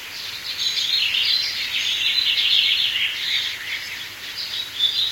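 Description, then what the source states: Dense bird chorus of quick chirps and twitters running continuously, with a steady high-pitched tone underneath. Birds in a forest setting.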